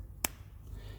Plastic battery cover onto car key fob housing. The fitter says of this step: put the bottom end first and gently press on it until it clicks